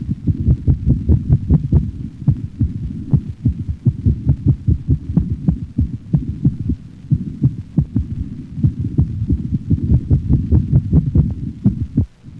Paroxysmal ventricular tachycardia interspersed with a slower, normal rhythm.